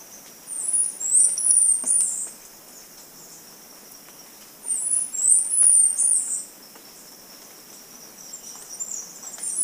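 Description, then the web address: Chestnut-capped brush finch giving very high, thin, squeaky phrases near the top of hearing, two bursts about four seconds apart, with faint background hiss. Recorded in Ecuador, South America. "Natures Songs S America Birds of Ecuador Chestnut-capped Brush-Finch"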